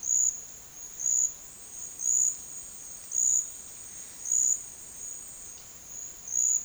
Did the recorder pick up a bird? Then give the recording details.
no. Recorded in dense forest near Puerto Asís, Putumayo, Colombia, on 23 June 2025 at 10:30. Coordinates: 0.468, -76.322. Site GP03